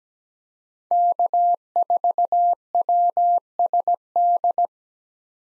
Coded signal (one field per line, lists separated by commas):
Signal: Morse code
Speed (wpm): 17 wpm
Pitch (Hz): 700 Hz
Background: none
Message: K4WSD